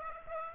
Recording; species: mosquito wingbeat signal from an infrared sensor; Aedes aegypti